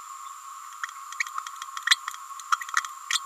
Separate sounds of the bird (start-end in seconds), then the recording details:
1.19-1.24, 2.52-2.56, 3.09-3.22. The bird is a female. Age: 29 days. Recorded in a nest box in Venezuela. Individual 17B31A3